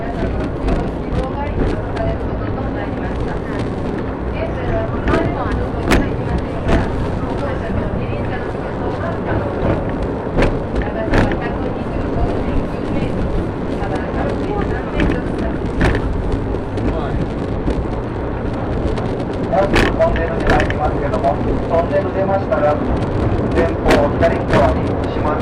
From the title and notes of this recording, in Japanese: 予土線しまんトロッコ2号 江川崎→土佐大正。8割方トロッコ車両は埋まっていました。案内人の話を聞きながらのんびりと走っていきますが、トンネル区間が多いので結構轟音だらけになります。また意外と風が冷たいです。